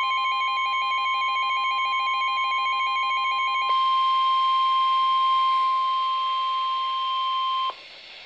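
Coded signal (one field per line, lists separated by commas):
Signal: Emergency Alert System (SAME) tones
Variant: 1050 Hz attention tone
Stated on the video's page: Real EAS alert tones for a Severe Thunderstorm Warning.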